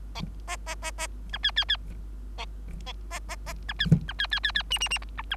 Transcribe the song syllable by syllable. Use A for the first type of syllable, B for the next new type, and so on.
A A A A B C C C A A A B C B C C C C D D D B B